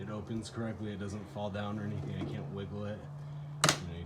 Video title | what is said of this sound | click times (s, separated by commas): Sienna Console Door Fix | close it it clicks into place | 3.6 s